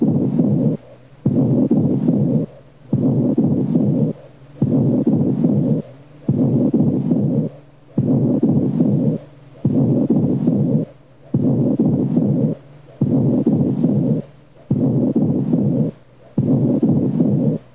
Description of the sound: High-pitched whispered sounds transmitted through airless consolidated lung tissue are called whispered pectoriloquy.